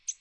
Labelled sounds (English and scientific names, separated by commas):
American Redstart (Setophaga ruticilla) flight call